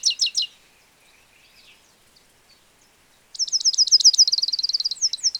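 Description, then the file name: European goldfinch calls: three quick high twitters, a soft quiet stretch, then a fast, sustained run of repeated bright tinkling notes with a few closing chirps. "Carduelis carduelis"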